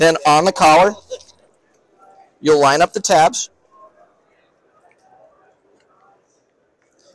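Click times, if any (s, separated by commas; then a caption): none. Someone talks while lining up the tabs of a DARK Fighter K9 dog helmet with the slots on the collar, ready to push them in. After the talking, only faint, quiet handling sounds are heard. Nothing has seated or clicked yet.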